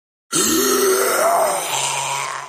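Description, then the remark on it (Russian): A monster's howl after being struck on the leg with a sword erupts abruptly and loudly, a raspy, growling cry sustained for about two seconds, its pitch climbing midway before the sound slowly fades. No talking. “Вопль чуть не оглушил меня, и моего замешательства хватило твари, чтобы воспользоваться этим.”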